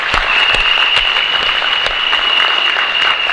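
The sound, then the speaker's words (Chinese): An audience applauds steadily after the speaker asks for encouraging applause, a dense wash of overlapping claps at an even loudness from start to finish, with no voices heard above it. “给我掌声鼓励一下。”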